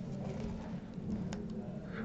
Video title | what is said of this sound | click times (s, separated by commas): Así funciona SYSRJ45CT | se se emite ese pequeño clic quiere decir que ya se ponchó | 1.3 s